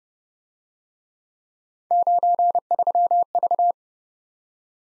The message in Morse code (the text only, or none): 93V